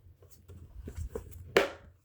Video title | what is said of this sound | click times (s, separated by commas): How To Fix And Service A Bissell Vacuum Cleaner | So once that's in place, you push this in until you hear a click. | 1.6 s